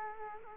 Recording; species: mosquito wingbeat signal from an infrared sensor; Culex quinquefasciatus